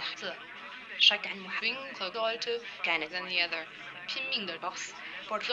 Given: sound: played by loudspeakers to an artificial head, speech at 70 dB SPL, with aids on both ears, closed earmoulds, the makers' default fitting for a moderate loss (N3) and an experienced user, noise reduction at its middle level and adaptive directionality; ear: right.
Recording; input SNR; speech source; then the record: speech test signal (ISTS) in cocktail-party noise; +3 dB; on the right (90 degrees)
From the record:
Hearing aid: class 1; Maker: F